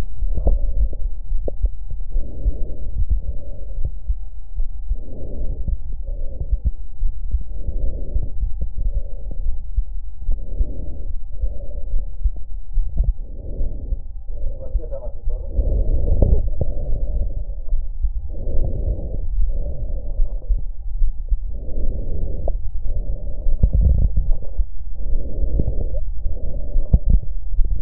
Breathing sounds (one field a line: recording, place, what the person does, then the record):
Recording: lung sounds by stethoscope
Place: left anterior apical chest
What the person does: quiet breathing, then deep breathing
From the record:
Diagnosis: asthma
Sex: female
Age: 56 years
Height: 161 cm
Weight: 85 kg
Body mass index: 32.8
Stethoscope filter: extended mode